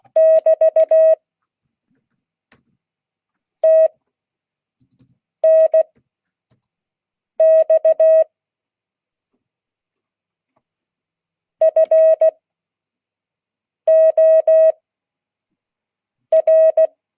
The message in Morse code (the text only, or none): <BT> TNX FOR